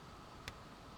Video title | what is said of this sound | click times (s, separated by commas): Kingdom BLACKARACHNIA : TRANSFORMATION ! | ça vient se clipser et là ça ne bouge plus | 0.5 s